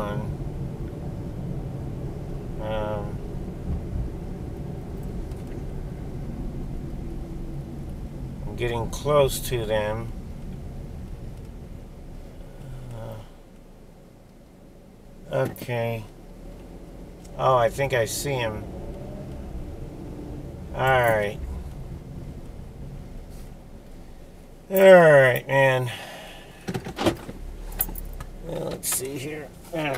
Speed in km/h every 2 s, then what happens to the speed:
34, 34, 32, 27, 19, 8, 0, 0, 8, 13, 15, 3, 0, 0, 0.
3-12 brakes to 0. 12-14 standing. 14-19 pulls away to 15. 20-23 brakes to 0. 23-30 standing.